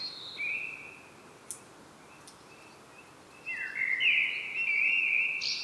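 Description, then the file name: Common blackbird song, a faint fluted phrase early on, then after a pause a louder, mellow warbled phrase sliding up into a thin twittering end, over steady background hiss. "Turdus merula"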